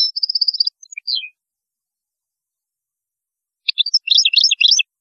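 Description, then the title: European goldfinch twittering: a rapid series of high repeated notes with a few slurred whistles, a pause, then a second dense burst of jangling twitters. "Chant Chardonneret"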